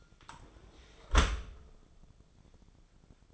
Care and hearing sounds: daily activity, microphone in the room; close dishwasher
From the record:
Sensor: 5

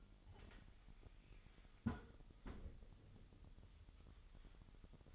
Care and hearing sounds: daily activity, microphone in the room; close fridge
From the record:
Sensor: 4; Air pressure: 989.2 hPa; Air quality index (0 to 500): 224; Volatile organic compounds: 83 ppm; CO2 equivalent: 3631 ppm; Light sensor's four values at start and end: 26/92/34/36 and 27/93/34/36

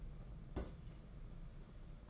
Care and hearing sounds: daily activity, microphone in the room; place on stove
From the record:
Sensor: 5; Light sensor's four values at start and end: 6/14/5/6 and 6/14/5/6

